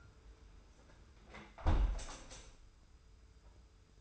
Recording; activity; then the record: daily activity, microphone in the room; close window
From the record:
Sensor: 2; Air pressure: 991.2 hPa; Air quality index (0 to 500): 138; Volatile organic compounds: 223 ppm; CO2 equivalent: 4284 ppm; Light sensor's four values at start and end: 38/109/43/41 and 37/109/43/41